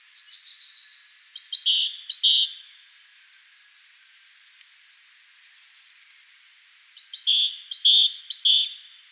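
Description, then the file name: Great tit chattering: a rapid run of thin notes builds into harsh, scolding bursts, then a pause before another series of several rasping notes. "Parus major"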